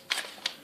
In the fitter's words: Bakın şimdi kilit kapandı döner